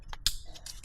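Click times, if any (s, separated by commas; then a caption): 0.3 s. A new front brake pad wear sensor's plastic electrical connector on a Porsche Cayenne Turbo is pushed into its harness connector. A soft tick comes first, then a sharp snap at 0.3 s as it latches, followed by faint ticks. The connector is seated.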